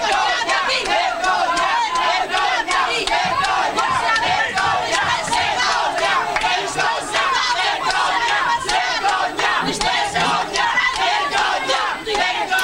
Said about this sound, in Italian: Sentite, è il pubblico come ha accolto la sentenza dell'Aquila.